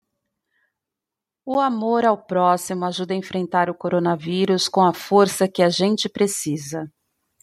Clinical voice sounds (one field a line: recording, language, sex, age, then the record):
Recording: spoken sentence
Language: Brazilian Portuguese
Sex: female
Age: 50 to 59 years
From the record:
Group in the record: control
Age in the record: 54 years